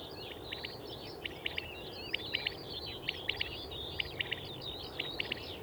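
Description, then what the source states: Common Quail song: short, clipped triple notes repeated about once a second, with skylarks chattering and trilling higher above and a steady wind hiss throughout. Dawn, 4:30 am, 22 May 2019, hay meadows, Lesches-en-Diois plateau, Drôme; with skylarks; wind; louder or softer as bird turns head; about fifty metres away; MixPre-3, MKH 8020 omni, stereo.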